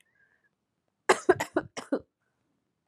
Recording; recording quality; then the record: shallow voluntary cough; excellent, no background noise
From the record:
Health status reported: COVID-19 positive, mild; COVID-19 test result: positive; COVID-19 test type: rapid antigen test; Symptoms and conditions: cough, sore throat, fever, fatigue, muscle pain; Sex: female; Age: 25 years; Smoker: no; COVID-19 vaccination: both doses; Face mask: not worn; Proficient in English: yes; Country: India